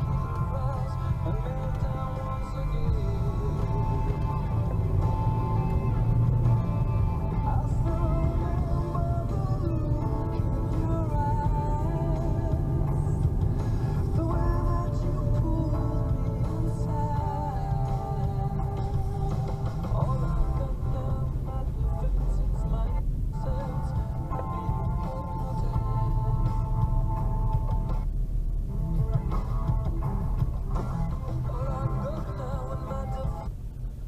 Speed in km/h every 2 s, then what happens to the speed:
0, 0, 27, 29, 35, 37, 37, 29, 18, 16, 18, 18, 16, 16, 16, 16, 0.
0-2 standing. 2-10 pulls away to 37. 10-31 slows to 0. 31-34 standing.